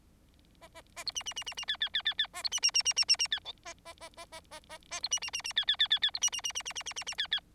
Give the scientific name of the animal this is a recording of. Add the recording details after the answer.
Lonchura striata domestica. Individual Bird4